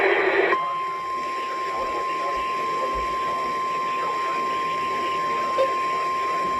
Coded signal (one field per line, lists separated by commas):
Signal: Emergency Alert System (SAME) tones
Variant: 1050 Hz attention tone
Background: speech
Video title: A Video I didn’t include in my compilation From 9/21/22 EAS#654-656